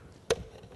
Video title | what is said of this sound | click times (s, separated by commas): eXp 5000 Assembly | that it is all the way seated into the connector when it talks in you will hear a little click and then | 0.3 s